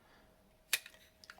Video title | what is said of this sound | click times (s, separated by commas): Halo 4 Edition Xbox 360 Controller Restoration | will just click right in and never come off unless you hit the button. | 0.7 s